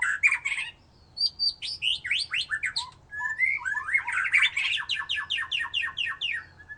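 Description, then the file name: White-rumped shama singing a rich, varied sequence of sharp whistles and scratchy notes, ending in a fast, rhythmic run of repeated downslurred phrases. "murai batu"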